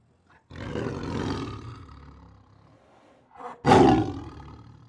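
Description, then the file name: Siberian tiger giving a long, rumbling growl that fades, then after a short pause a sudden loud, harsh roar bursts out and trails off. Protective growls, roars and snarls. "Siberian Tiger Protective Growls, Roars and Snarls 3 [Sound Ideas]"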